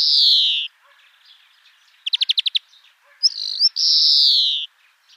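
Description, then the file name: European greenfinch giving a long wheezy descending note, a short quick trill, then a brief twitter and another drawn-out nasal wheeze. "Chloris chloris"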